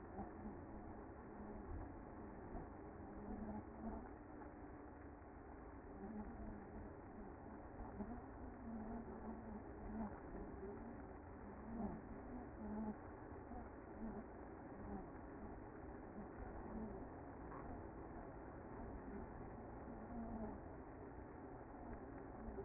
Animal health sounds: honeybee colony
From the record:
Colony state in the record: active

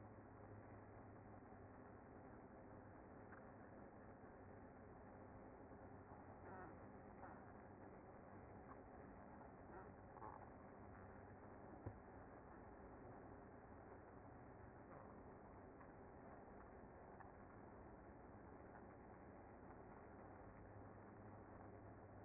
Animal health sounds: honeybee colony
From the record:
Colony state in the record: active

